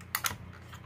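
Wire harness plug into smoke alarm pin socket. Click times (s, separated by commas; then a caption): 0.2 s, 0.3 s. A plastic wire-harness plug is pushed onto the three pins on the back of a hardwired smoke alarm and snaps in place. Two sharp, bright clicks sound at about 0.2 s and 0.3 s over a faint low hum. The connector is seated.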